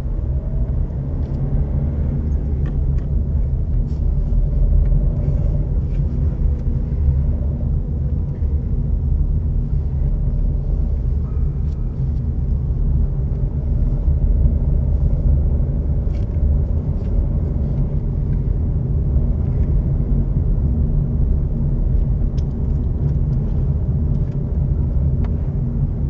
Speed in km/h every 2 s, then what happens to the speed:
0, 7, 15, 21, 19, 24, 22, 20, 20, 20, 25, 26, 28.
0-6 pulls away to 21. 6-18 steady at about 20. 18-26 speeds up to 28.